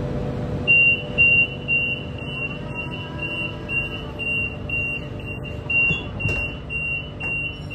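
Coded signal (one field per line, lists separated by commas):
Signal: alarm pattern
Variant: Millennium M set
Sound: loud high-pitched beeps repeating about twice a second over train rumble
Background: train interior rumble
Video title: Very Loud Doors Closing Beep Sound On A Millennium M Set #shorts #subscribe #australia #foryou #fyp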